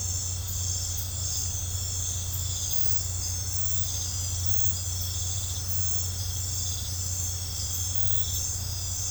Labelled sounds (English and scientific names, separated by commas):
none